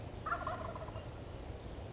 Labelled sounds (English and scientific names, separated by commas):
Wild Turkey (Meleagris gallopavo)